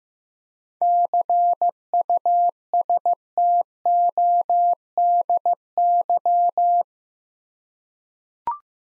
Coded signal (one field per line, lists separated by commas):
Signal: Morse code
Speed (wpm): 15 wpm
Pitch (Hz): 700 Hz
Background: none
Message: CUSTODY